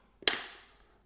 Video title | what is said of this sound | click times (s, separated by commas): Mania MFZ Lochkamerasystem (deutsch english subtitles) | why I have it here, I'll show it here, it clicks | 0.3 s